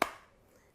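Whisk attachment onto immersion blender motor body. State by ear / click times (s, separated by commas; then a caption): seated / 0.0 s. A chef's whisk attachment is pushed onto the motor body of a hand blender and pops into place with one sharp, bright click at 0.02 s. The click decays over about 0.2 s into a quiet background, with a faint soft sound at the very end. The whisk is seated.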